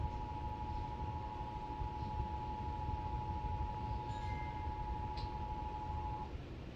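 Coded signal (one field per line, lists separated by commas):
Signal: Emergency Alert System (SAME) tones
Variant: 853 and 960 Hz attention tone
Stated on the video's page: Required monthly test in Massachusetts carried on WSBK-TV.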